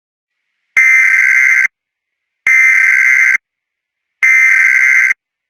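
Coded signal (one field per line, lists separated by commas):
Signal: Emergency Alert System (SAME) tones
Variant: header bursts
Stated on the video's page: Fictional Emergency Alert System scenario themed on Five Nights at Sonic's, not a real alert.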